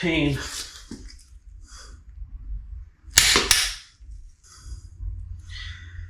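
A metal engine part, likely a valve lifter similar to number 8, is tapped into the block of a 5.3L LS engine during reassembly for an RX7. Two sharp metallic impacts ring out at 3.2 and 3.5 s, while someone talks before and after. The part is not yet seated all the way.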